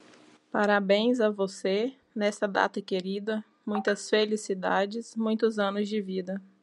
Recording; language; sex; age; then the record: short text; Brazilian Portuguese; female; 30 to 39 years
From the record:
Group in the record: control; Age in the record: 30 years